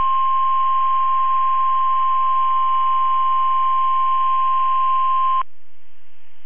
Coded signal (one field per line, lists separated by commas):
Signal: Emergency Alert System (SAME) tones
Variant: 1050 Hz attention tone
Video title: EAS A Chilly Florida Tornado Drill NOAA Weather Radio (2022 Severe Weather Week)